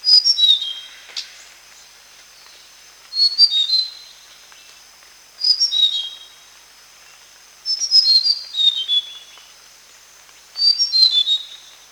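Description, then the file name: Flycatcher repeating brief clusters of high, bright whistles falling in pitch, five bursts spaced a few seconds apart against a faint steady hiss. Flycatcher recorded in Kalimantan. "sikatan kalimantan"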